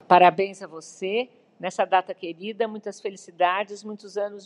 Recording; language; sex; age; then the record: short text; Brazilian Portuguese; female; 60 to 69 years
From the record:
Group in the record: control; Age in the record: 68 years